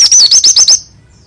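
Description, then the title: White-eye giving a fast run of six high, loud, looping whistled notes, the phrase ending abruptly in quiet. Songbird being readied for singing contests; dakun type from East Java; described as singing a lot, with rolling song and wild-sounding voice; a prospective champion. "burung pleci dakun jatim joss edan ngalas ngerol gacor calon juara(milik om doddy cikarang)"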